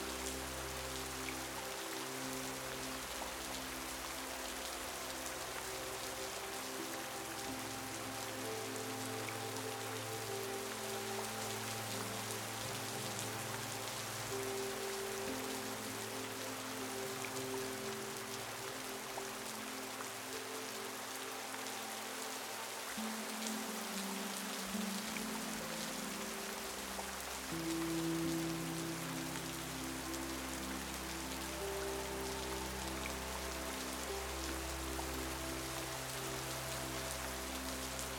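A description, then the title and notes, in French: Soft rain falls steadily, a dense, even hiss of fine drops spread across the highs with no pauses. Beneath it, gentle sustained music holds low and middle tones, the chords shifting slowly, notably around the middle and again near the end. La PLUIE Subtile et la MUSIQUE Douce. L'ambiance apaisante d'une pluie subtile.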